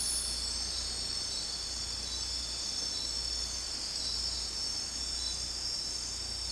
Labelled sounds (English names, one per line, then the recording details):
none
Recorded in dense forest near Puerto Asís, Putumayo, Colombia, on 16 December 2024 at 01:00
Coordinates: 0.466, -76.327
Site G075